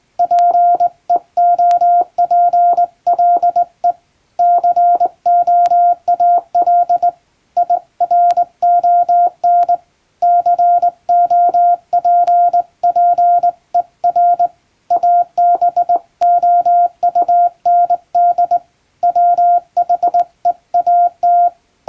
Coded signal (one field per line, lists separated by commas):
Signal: Morse code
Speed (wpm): 20 wpm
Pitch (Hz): 700 Hz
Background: none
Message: PEOPLE COAL IRON COPPER ABOUND WHEAT